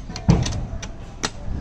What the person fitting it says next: ये लॉक हो गया and the box is been set that way.